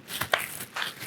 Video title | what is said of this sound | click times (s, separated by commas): Hillbrush HH4 & HH2 Litter Picking Equipment Training | the lid back on and start from the top waiting to hear the nice clicks | 0.2 s, 0.3 s